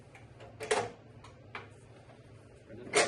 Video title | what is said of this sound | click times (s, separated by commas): The ONLY Sawhorse That Sets Up in Seconds? We Tested It | didn't click far enough in. | 0.7 s